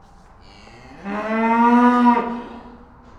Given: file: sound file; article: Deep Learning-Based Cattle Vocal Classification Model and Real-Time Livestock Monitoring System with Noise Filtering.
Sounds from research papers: cattle; estrus call

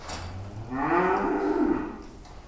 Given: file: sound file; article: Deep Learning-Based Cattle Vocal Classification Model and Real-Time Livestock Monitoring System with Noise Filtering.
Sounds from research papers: cattle; food anticipating call

